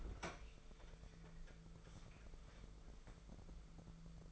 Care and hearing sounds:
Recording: daily activity, microphone in the room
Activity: open fridge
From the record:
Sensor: 5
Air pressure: 1015.0 hPa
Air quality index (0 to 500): 183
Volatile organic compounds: 7 ppm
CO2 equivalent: 2015 ppm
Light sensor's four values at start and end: 47/110/46/47 and 52/119/50/53

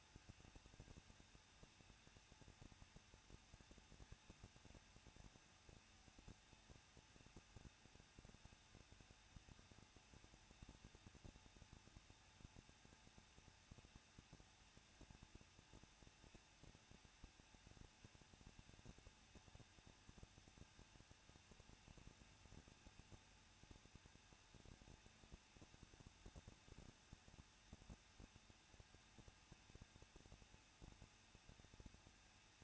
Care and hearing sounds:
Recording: daily activity, microphone in the room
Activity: no activity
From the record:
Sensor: 2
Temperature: 21.0 degrees Celsius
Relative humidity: 37.4%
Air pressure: 1006.1 hPa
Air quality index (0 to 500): 222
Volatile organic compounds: 24 ppm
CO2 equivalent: 2810 ppm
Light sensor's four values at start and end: 2/3/2/2 and 2/3/2/2

